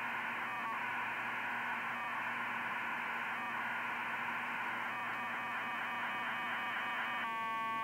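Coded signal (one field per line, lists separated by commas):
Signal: radiosonde or satellite telemetry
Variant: 2400 baud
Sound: continuous dense rushing data hiss with rhythmic texture, ending in a chord of steady tones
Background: radio static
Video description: A test to see if 2400 baud can be used with my HAB flight computer. Received with a Funcube Dongle and Spectravue, demodulated in a modified fldigi.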